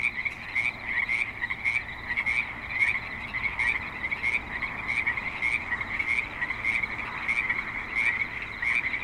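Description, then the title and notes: Frogs croak together in a continuous chorus, short pulses repeating quickly, over light background noise. Frogs at a creek in Spanish Springs, Nevada, with light traffic and other suburban sounds. "Frogs in Spanish Springs, NV - creek view. Frogs with light traffic and other suburban sounds"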